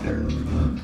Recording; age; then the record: pig call; growing-finishing pig (85 days or more)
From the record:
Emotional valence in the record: negative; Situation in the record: barren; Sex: female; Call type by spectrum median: low-frequency call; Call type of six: low-frequency modulated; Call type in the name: low-frequency stable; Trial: 3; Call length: 0.84 s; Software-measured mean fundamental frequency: 68 Hz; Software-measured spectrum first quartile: 90 Hz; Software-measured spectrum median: 188 Hz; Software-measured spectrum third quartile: 380 Hz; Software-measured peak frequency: 236 Hz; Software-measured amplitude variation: 154 dB a second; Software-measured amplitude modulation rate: 31.1 a second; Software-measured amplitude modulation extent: 5.0 dB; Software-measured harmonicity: -1.2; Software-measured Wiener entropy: -0.72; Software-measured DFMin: 705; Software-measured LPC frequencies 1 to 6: 265, 1537, 2434, 3446, 4094, 5689 Hz